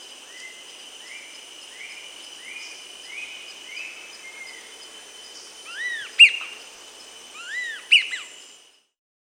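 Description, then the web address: Sirystes calls: a run of soft, rising-then-falling whistles, then two louder arched whistled phrases with sharp accents, over a steady high background tone. Recorded in Peru. "S America Sirystes (Sirystes sibilator), Peru"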